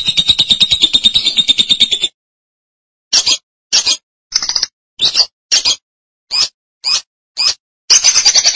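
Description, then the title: Lovebird sounds: two seconds of rapid high chattering, a pause, then a series of about eight separate sharp chips before chattering starts again. "BM Suara Burung Lovebird"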